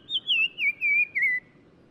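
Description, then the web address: Black-crowned tchagra whistled phrase: five clear, loud whistled notes stepping steadily downward in pitch, then silence. Recorded in Morocco. "Black-crowned Tchagra. new sound approach title morocco"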